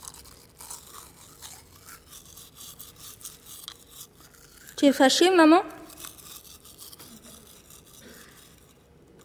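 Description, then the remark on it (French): Steady, scratchy toothbrush strokes as a girl brushes her teeth with toothpaste, scrubbing back and forth throughout, fairly soft and rhythmic, while a voice briefly asks a question partway through. “Brosse-toi les dents, tout de suite.”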